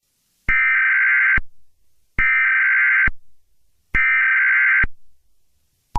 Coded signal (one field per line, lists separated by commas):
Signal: Emergency Alert System (SAME) tones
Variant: header bursts